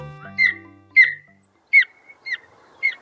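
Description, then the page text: Golden Eagle: five thin, high chirping yelps, with faint low musical tones fading out at the start. "BirdNote en Español. El águila real (Aquila chrysaetos)"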